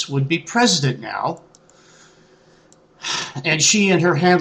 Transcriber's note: sighs